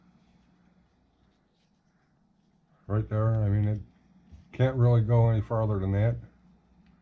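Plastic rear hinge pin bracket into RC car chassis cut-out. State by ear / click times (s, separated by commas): not seated / none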